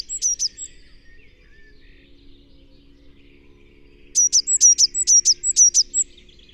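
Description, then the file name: Eurasian blue tit: a brief high phrase, then after a pause a longer run of crisp, repeated high double notes with thin whistled lead-ins. "Cyanistes caeruleus"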